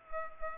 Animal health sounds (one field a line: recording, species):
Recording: mosquito wingbeat signal from an infrared sensor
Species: Culex pipiens